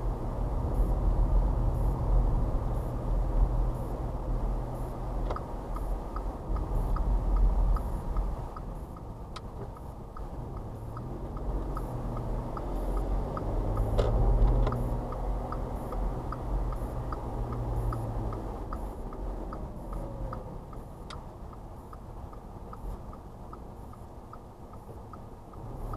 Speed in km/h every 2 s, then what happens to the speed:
29, 31, 31, 23, 16, 11, 18, 27, 26, 23, 13, 5, 0.
0-5 steady at about 31. 5-9 brakes to 11. 9-14 speeds up to 27. 17-23 brakes to 0. 23-26 standing.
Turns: 8-12.